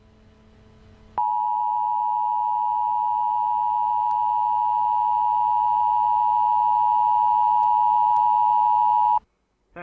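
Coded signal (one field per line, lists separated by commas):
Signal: Emergency Alert System (SAME) tones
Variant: 853 and 960 Hz attention tone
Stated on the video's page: Reaction to a fictional EAS scenario.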